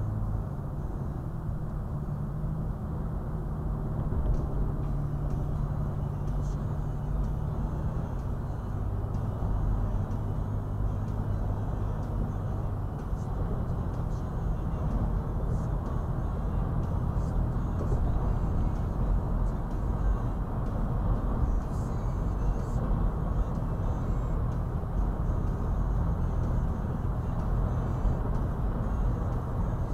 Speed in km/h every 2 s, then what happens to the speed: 72, 76, 79, 81, 84, 87, 90, 92, 93, 93, 92, 92, 93, 95, 93.
0-16 speeds up to 93. 16-30 steady at about 93.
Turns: none.